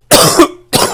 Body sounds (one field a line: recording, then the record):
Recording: coughing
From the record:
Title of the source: Coughing 79